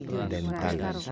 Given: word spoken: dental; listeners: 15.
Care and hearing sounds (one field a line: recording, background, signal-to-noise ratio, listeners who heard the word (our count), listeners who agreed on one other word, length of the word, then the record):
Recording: one Spanish word in noise, from a listening test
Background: four-talker babble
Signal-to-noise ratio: 0.0 dB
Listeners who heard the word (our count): 3 of 15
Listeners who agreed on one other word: 7 of 15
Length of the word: 0.72 s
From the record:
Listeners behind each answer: 7, 4, 3, 1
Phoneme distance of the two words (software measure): 34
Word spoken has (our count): 2 syllables, 6 phonemes, stress on syllable 2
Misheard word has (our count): 3 syllables, 8 phonemes, stress on syllable 3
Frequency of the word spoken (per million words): 2.58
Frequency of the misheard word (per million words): 44.47